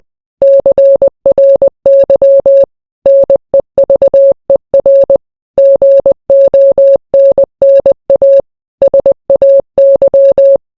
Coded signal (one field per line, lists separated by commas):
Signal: Morse code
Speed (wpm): 20 wpm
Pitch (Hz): 550 Hz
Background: none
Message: CRY NEVER GONNA SAY